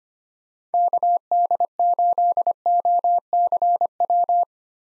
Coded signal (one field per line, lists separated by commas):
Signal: Morse code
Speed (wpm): 25 wpm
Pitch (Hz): 700 Hz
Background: none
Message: KD8OCW